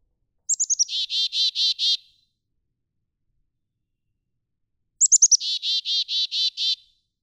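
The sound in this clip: Black-capped chickadee chick-a-dee call given twice, each a few high chips followed by a long run of buzzy dee notes, separated by silence.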